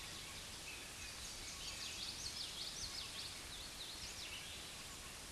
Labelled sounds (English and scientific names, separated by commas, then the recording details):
Common Yellowthroat (Geothlypis trichas) song
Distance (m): 60 m
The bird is about 10 m above the microphone
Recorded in a Pennsylvania forest on 16 May 2024 at 06:34
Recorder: AudioMoth, point MSD-1307
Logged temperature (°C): 16.6 °C
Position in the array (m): 243 m, 175 m